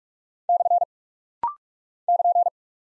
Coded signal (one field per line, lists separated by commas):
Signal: Morse code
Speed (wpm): 44 wpm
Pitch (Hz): 700 Hz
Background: none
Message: / <KN>